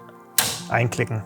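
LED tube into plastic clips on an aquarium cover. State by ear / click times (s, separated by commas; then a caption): seated / 0.4 s. An LED light tube is pressed into plastic mounting clips on a sera aquarium cover, and a sharp click at 0.4 s shows it seating into the holder clip. Someone talks over background music.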